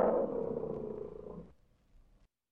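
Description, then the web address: Bear letting out a single rough roar that fades away. "медведь"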